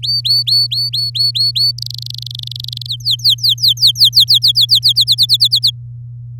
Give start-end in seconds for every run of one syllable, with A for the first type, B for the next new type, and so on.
0.02-1.71 A, 1.78-2.87 B, 2.88-4.93 C, 4.95-5.70 D